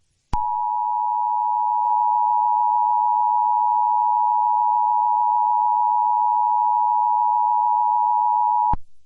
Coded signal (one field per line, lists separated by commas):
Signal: Emergency Alert System (SAME) tones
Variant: 853 and 960 Hz attention tone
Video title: EAS Child Abduction Emergency Amber Alert Recreation (New Mexico)